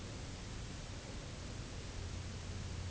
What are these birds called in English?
none